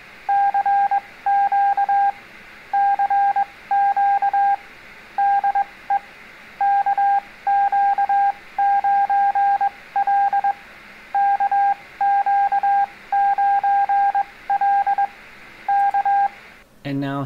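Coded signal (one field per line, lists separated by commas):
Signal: Morse code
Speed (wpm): 21 wpm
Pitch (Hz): 800 Hz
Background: speech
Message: CQ CQ DE KQ9L KQ9L K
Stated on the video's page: Beginner CW lesson on answering a CQ call.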